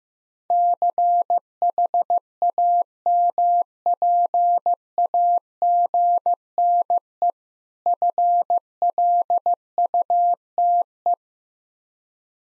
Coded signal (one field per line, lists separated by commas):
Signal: Morse code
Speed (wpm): 16 wpm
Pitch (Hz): 700 Hz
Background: none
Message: CHAMPAGNE FLUTE